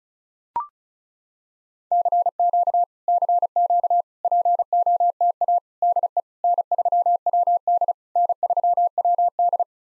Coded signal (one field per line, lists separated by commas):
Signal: Morse code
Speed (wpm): 36 wpm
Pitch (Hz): 700 Hz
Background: none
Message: CQ CQ POTA DE N3WD N3WD